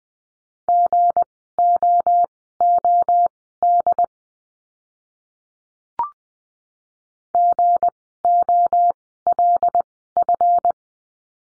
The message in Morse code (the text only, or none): GOOD GOLF